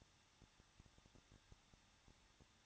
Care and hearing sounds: daily activity, microphone in the room; no activity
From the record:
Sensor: 3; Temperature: 21.2 degrees Celsius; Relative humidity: 36.3%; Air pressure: 1006.3 hPa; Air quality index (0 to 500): 222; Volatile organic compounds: 41 ppm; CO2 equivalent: 3166 ppm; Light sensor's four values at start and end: 2/3/2/2 and 2/3/2/2

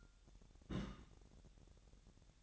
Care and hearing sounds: daily activity, microphone in the room; place on stove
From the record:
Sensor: 3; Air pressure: 1012.0 hPa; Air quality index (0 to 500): 208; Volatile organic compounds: 4 ppm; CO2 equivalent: 1552 ppm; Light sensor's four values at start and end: 114/269/111/101 and 114/269/112/101

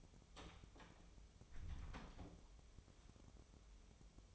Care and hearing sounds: daily activity, microphone in the room; close door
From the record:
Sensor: 1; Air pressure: 1005.0 hPa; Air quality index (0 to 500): 90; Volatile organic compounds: 2 ppm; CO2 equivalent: 1222 ppm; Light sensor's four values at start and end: 10/24/9/10 and 10/24/9/10

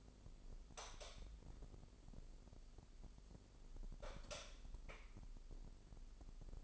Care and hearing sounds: daily activity, microphone in the room; light off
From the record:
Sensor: 5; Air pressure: 995.4 hPa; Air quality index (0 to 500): 86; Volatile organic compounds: 4 ppm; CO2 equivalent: 1604 ppm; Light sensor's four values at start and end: 36/87/35/35 and 35/81/33/33

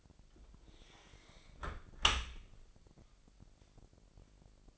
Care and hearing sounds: daily activity, microphone in the room; close dishwasher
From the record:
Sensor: 5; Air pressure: 1000.6 hPa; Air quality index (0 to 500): 247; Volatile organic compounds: 34 ppm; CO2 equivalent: 3042 ppm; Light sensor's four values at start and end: 32/72/29/27 and 31/71/28/27

